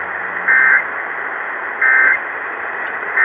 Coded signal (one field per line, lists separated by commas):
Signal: Emergency Alert System (SAME) tones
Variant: end-of-message bursts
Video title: SVR on KSTP-AM (EAS #1033)